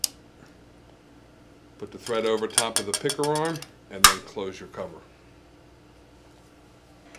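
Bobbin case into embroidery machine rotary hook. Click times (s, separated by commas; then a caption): 0.0 s. After oiling, a bobbin case holding its bobbin is pushed back into the rotary hook basket of a commercial embroidery machine. A sharp metallic snap is heard at 0.0 s, seating the case in the hook. Then someone talks, and a faint tick follows near the end.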